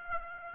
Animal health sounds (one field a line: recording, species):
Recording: mosquito wingbeat signal from an infrared sensor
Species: Aedes aegypti